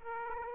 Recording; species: mosquito wingbeat signal from an infrared sensor; Aedes aegypti